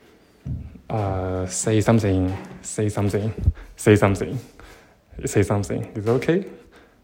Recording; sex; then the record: free speech after running; male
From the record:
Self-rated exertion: light exertion (2 of 6); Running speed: 7 miles an hour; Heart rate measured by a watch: 98 beats a minute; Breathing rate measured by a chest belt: 15 breaths a minute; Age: 24 years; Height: 185 cm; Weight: 79 kg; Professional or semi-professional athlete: no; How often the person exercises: 1 to 2 times a week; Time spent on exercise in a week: 2 to 3 hours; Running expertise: no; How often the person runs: 1 to 2 times a week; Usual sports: running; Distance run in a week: 20 km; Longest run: 10 km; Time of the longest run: 50 minutes